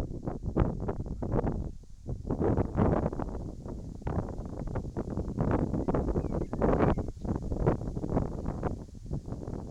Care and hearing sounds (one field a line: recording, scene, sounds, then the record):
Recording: everyday scene through a hearing-aid microphone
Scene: wind on the microphone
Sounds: wind, whistling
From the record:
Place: in front of a rural house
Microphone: in the ear canal, right